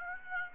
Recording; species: mosquito wingbeat signal from an infrared sensor; Aedes aegypti